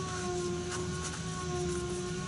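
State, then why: Not seated. A spin-on diesel fuel filter is lined up square on the threaded filter head of a 2001 Dodge Ram 2500 Cummins turbo diesel and started by hand, after it had been cross-threaded earlier. A steady, even hum with a few constant tones runs throughout the clip, with no sharp sounds. Nothing has seated or clicked yet.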